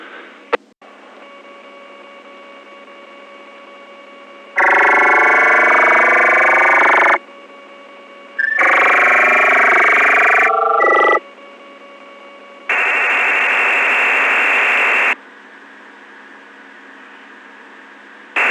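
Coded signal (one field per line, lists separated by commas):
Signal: digital SSTV (DRM)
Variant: EasyPal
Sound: three bursts of dense rough hiss-like data with sharp starts and stops, quiet between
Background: radio hiss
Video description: PICTURES CAN BE DECODED FROM THIS AUDIO STREAM WITH "EASYPAL" DSSTV FREEWARE.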